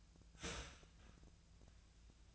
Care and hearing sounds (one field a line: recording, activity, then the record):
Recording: daily activity, microphone in the room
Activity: start toaster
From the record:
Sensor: 2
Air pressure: 1009.2 hPa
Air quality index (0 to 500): 186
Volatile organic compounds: 11 ppm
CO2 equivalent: 2312 ppm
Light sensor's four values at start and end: 22/56/23/26 and 22/56/23/26